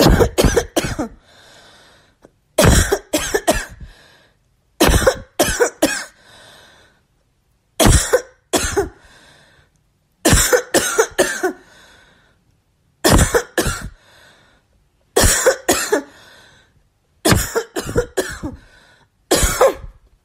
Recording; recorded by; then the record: voluntary cough; messaging app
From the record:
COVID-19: negative